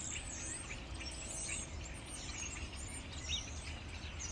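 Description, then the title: Birds calling: high, squeaky chirps and whistles overlapping continuously, several birds at once, over a strong low rumble and steady background noise. Birds would not quiet down for twenty minutes. "Crazy birds"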